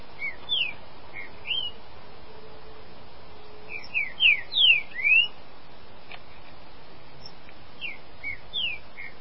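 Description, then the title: Green-winged saltator song with soft whistled notes, a loud burst of three or four slurred whistles around the middle, then quieter repeated whistles. "Trinca Ferro"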